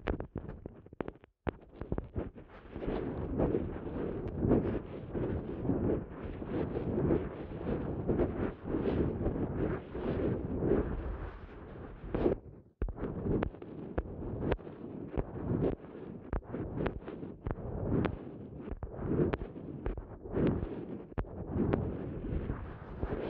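An ASMR eardrum massage: dense, muffled rubbing and scratching that fills the low and middle range and cuts off above the mids. The texture is steady but busy, with quick flickering strokes throughout, and two brief full stops, near 1 and 13 seconds.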